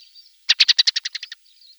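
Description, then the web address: Black-throated thrush giving a quick chattering series of about ten harsh, evenly spaced notes lasting under a second, slightly fading toward the end, with faint high twitters before and after. "soud Drozd chernozobyj"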